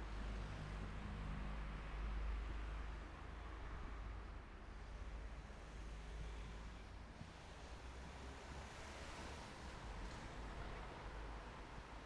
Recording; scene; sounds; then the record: everyday scene through a hearing-aid microphone; in traffic; traffic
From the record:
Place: bus stop on a city main road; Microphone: behind the ear, right, rear